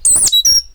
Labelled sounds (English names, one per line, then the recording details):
Stitchbird song
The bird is a male
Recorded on Tiritiri Matangi Island, New Zealand, in 2005
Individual 8, of nest box 10